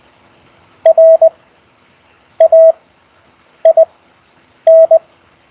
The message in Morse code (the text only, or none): RAIN